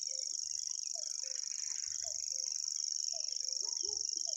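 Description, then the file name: Common grasshopper warbler song, a fast, evenly pulsed high reel, constant in pitch, with occasional low notes beneath. "reti tucsokmadar hangja"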